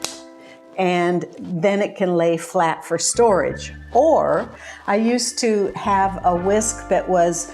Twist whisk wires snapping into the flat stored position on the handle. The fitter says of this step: when you twist it back it actually snaps in place